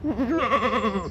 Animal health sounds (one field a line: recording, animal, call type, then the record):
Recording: contact call of a hoofed animal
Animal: goat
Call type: low-frequency (closed-mouth) or high-frequency (open-mouth) call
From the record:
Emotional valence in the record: negative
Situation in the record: short social isolation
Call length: 1.11 s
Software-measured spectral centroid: 1450 Hz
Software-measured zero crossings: 1450 a second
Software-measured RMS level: -24 dBFS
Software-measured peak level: -11 dBFS